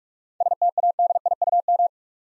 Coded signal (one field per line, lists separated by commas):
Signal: Morse code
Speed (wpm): 44 wpm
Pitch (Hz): 700 Hz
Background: none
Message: STADIUM